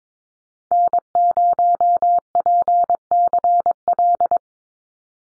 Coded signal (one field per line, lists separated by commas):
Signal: Morse code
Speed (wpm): 22 wpm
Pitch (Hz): 700 Hz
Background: none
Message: N0PCL